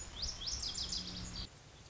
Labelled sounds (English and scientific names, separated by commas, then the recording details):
Lazuli Bunting (Passerina amoena)
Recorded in Sonoma County, California